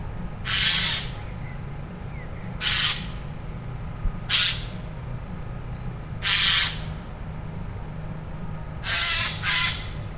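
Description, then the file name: Eurasian jay uttering hoarse, noisy screeches about every two seconds, the last one doubled, with constant low-pitched background rumble. "Garrulus glandarius"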